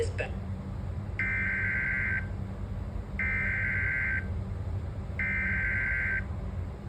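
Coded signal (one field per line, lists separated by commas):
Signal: Emergency Alert System (SAME) tones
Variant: header bursts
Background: speech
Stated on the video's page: Severe thunderstorm warning received on NOAA Weather Radio.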